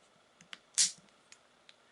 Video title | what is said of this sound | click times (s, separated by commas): Sig E2 Grip remove install • P226 | you could hear it snapped into place now | 0.5 s